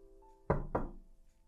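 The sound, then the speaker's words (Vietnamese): Two solid knocks on a door, about a quarter second apart, each a loud low thud with a short ring afterward, over a faint steady hum. “Ai gõ cửa vậy?”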